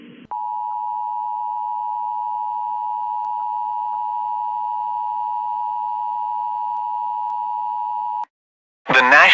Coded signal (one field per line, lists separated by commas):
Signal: Emergency Alert System (SAME) tones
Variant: 853 and 960 Hz attention tone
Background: speech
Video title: [Tornado EAS Scenario] A Nightmare in monsoon season